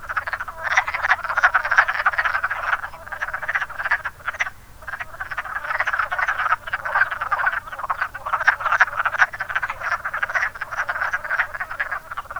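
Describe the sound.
Dense wood frog chorus of rough clucking croaks, almost unbroken for the whole stretch, dipping briefly midway before swelling again.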